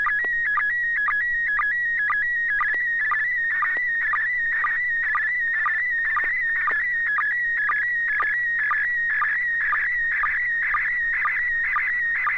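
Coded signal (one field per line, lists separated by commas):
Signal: SSTV (slow-scan television)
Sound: steady warbling whistle near 2 kHz with a short chirping blip about twice a second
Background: low hum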